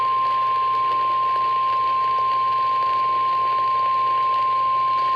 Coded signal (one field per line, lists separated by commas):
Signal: Emergency Alert System (SAME) tones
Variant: 1050 Hz attention tone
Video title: CHS FFW Extension | EAS #147